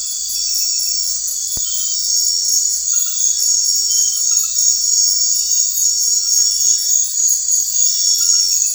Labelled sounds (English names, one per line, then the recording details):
none
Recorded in secondary vegetation near Puerto Asís, Putumayo, Colombia, on 4 March 2025 at 22:00
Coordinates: 0.499, -76.323
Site G094